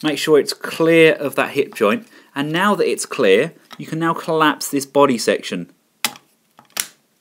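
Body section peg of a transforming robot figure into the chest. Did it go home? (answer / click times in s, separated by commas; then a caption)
yes / 6.8 s. Someone talks while transforming a Unique Toys DX-9 Ordin O-02 Alberich robot figure, making sure a part is clear of the hip joint before collapsing the body section. The collapsed plastic body section is pushed in, and a sharp click at 6.8 s marks it pegging into the front of the chest, seated.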